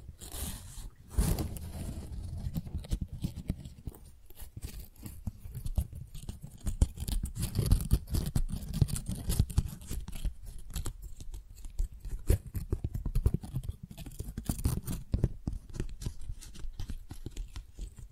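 Tingly flower sounds: dense, steady rustling and scratching handled continuously, scattered with quick crisp crackles and ticks, with a louder crinkle near one second.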